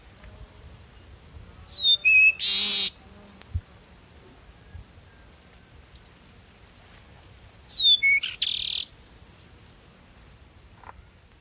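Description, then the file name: Peruvian meadowlark singing twice, about six seconds apart: each phrase of high slurred whistles drops lower and ends in a wheezy buzzing rasp, with quiet background between. "Sturnella bellicosa - Peruvian Meadowlark"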